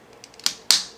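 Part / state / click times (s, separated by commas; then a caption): plastic panel tabs into the toy robot body / seated / 0.5 s, 0.7 s. Plastic panel pieces of an Age of Extinction Voyager Hound transforming-robot toy are pulled up and tabbed into the robot body, with faint handling ticks before them. They snap in with two sharp clicks at 0.5 s and 0.7 s, the second louder. The panels are seated and hold strongly.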